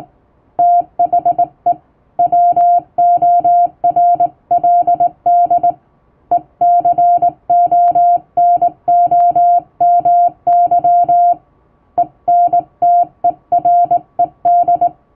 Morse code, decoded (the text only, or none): THE WORLD ECONOMY ENTERED